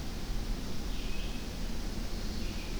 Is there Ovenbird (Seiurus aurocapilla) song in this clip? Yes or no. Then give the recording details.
no. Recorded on 25 June 2016 at 07:30. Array SBT-6-76